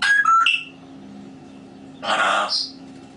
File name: a vot eto razgovarivaet odna pernataya skotina po imeni grig